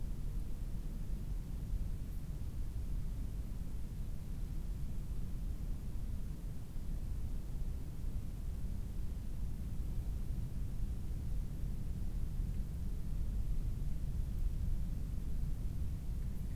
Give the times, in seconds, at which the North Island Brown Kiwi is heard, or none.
none